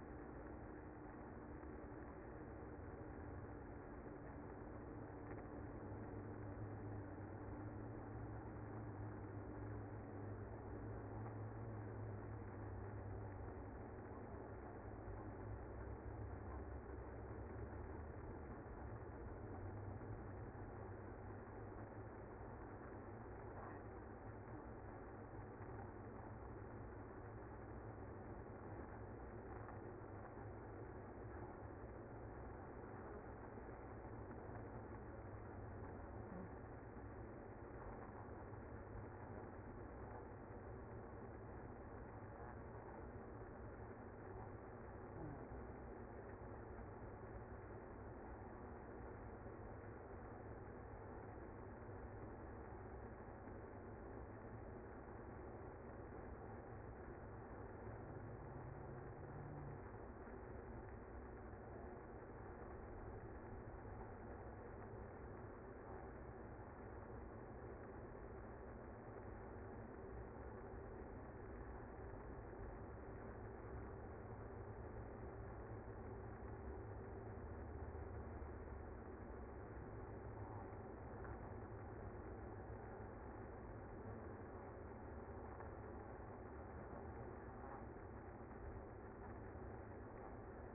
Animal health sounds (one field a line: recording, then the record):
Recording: honeybee colony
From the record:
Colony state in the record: active